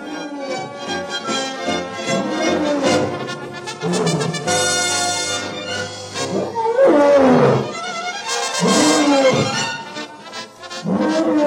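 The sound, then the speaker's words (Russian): Several Atlas lions roar in deep, rumbling bursts, rising and falling in pitch, with overlapping growls from more than one animal and loud peaks near the end. “Сильвия Чезарини и ее атласские львы. Ух ты! Самый свирепый зверь, между прочим.”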